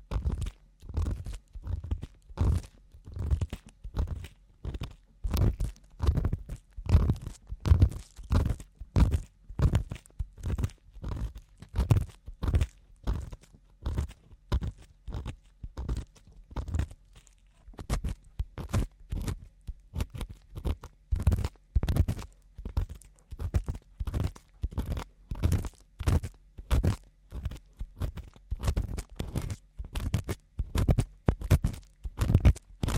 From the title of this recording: ASMR Ear Cleaning (No Talking)